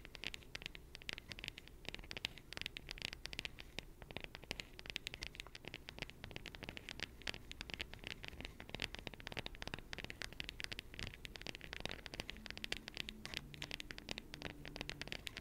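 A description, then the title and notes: Rapid, dense tapping patters on without pause, crisp and bright with scratchy clicks, while a faint low hum shifts underneath near the end. ASMR 100% Pure Tapping For Tingles & Sleep (No Talking).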